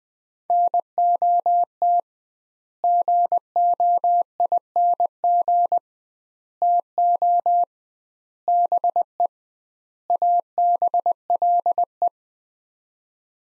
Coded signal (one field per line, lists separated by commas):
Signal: Morse code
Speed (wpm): 21 wpm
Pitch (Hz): 700 Hz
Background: none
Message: NOT GOING TO BE ABLE